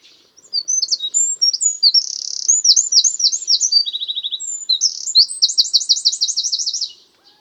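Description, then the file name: Eurasian wren song, a vigorous run of high piercing notes with a fast lower rattle in the middle and a rapid repeated trill before ending abruptly. "Troglodytes troglodytes"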